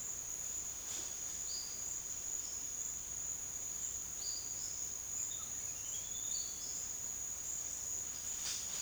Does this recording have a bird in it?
yes